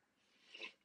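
A single brief, airy burst lasting about a quarter of a second, high and hissy with almost no low tone, rises out of a quiet room. It is a small sneeze from Kima, a cat prone to sneezing, with no repeated sneezes or wheezy sounds following.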